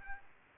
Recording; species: mosquito wingbeat signal from an infrared sensor; Aedes albopictus